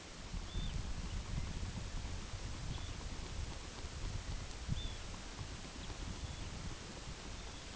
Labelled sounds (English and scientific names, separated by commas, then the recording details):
Arctic Tern (Sterna paradisaea), unidentified sound
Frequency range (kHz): Arctic Tern (Sterna paradisaea) 2.0-4.5 kHz
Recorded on Arctic tundra, site UTQI-8, on 8 June 2019
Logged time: 02:00